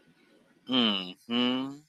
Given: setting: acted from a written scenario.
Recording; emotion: vocal sound without words; romantic love